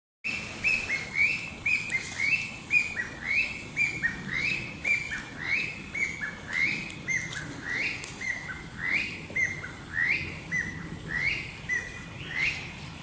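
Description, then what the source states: Chinese bamboo partridge calling: a long series of repeated phrases, roughly one per second. Recorded on 24 May 2021.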